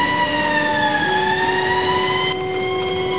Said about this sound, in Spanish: Los tres hombres bajan del auto y caminan hasta el cinturón policial. Se oyen murmullos y alguna sirena encendida.